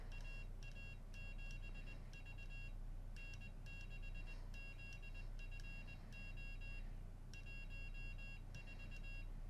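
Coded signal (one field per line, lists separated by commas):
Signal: Morse code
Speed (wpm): 20 wpm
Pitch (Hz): 2750 Hz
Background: none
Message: AA7V N6ZFO 14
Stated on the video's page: CW practice sent with a WinKeyer.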